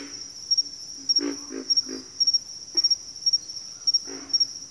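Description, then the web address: Pig frog giving several low, rasping grunts over a constant high-pitched chirping insect. "Nature Songs Nature Sounds Sounds of Nature Collection Pig Frogs"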